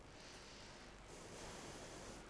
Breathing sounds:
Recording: one breath in and out by a microphone near the nose and mouth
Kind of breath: deep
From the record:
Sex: female

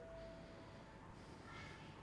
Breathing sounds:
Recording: one breath in and out by a microphone near the nose and mouth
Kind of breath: normal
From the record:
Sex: male

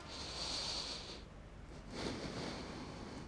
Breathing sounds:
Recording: one breath in and out by a microphone near the nose and mouth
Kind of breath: deep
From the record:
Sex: male

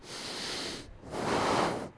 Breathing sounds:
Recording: one breath in and out by a microphone near the nose and mouth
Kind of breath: deep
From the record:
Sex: male

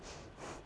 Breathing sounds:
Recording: one breath in and out by a microphone near the nose and mouth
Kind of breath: strong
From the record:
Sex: female

